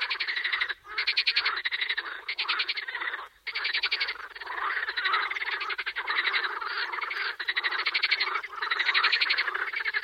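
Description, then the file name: Edible frog croaking in long rattling pulse trains, broken by short gaps early on, then running almost without pause. "Kecskeb ka"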